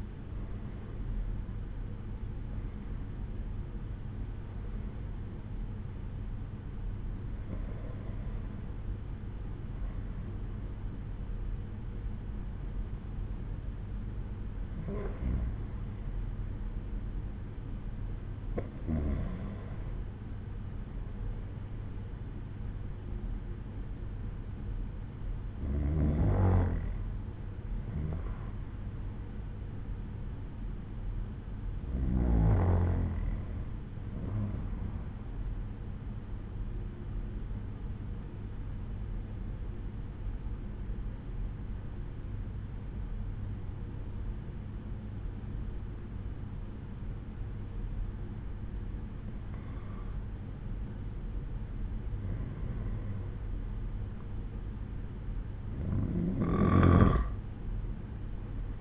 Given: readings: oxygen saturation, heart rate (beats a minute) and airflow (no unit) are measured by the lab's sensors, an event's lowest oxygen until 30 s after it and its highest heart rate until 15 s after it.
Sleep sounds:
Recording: breathing in sleep by a smartphone at the bedside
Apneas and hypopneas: 1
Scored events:
30.00-51.60 s: hypopnea (N1, oxygen 95% highest, then 93% lowest)
From the record:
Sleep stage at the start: N1 (lightest sleep)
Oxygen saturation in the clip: 91 to 96%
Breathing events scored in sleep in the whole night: 187 in 7.2 hours asleep

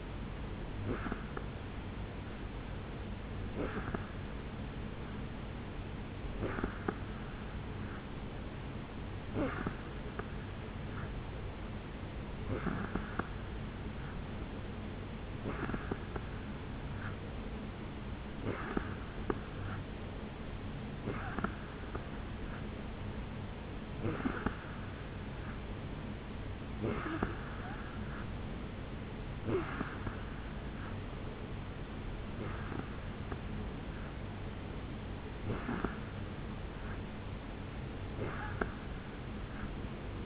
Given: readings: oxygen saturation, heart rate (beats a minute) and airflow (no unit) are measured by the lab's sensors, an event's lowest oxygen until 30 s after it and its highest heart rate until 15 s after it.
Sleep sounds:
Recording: breathing in sleep by a voice recorder at the bedside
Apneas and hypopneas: none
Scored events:
none scored
From the record:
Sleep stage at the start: N2 (light sleep)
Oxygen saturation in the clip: 86 to 87%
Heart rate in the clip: 71 to 73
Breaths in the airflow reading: 14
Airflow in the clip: -4.2 to 2.8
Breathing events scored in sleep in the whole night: 449 in 7.0 hours asleep

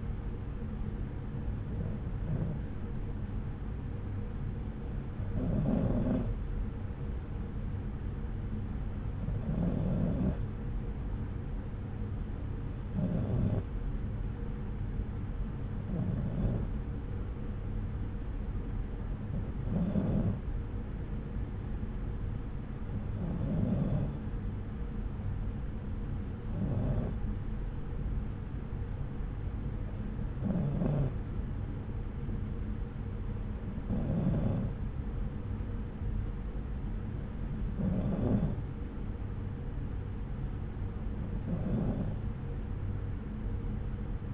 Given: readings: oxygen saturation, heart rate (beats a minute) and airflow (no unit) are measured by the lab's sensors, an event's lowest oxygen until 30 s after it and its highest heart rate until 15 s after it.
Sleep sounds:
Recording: breathing in sleep by a smartphone at the bedside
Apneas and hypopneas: none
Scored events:
none scored
From the record:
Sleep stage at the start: N2 (light sleep)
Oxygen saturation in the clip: 93%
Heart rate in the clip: 64 to 68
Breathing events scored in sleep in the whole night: 303 in 8.1 hours asleep

